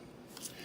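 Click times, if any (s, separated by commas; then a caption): 0.4 s. A small plastic USB charging clip slides onto the bottom of a GoPro action-camera wrist remote and latches with a short click at 0.4 s. The clip is seated and locked in place, with a lock holding it there while charging.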